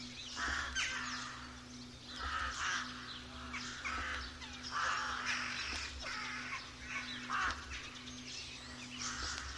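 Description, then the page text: Rooks calling with harsh, croaking caws in short clustered bursts, several birds overlapping, with fainter cawing in the gaps between bursts. Rook colony. "Б. Вепринцев - Голоса весны (1970) - Колония грачей"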